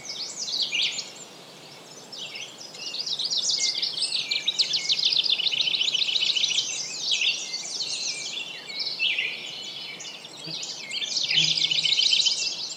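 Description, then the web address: Bird song with rapid, high twittering and trilled phrases, repeated almost continuously over a steady background hiss. "pleasantforest vtour Bird Sounds"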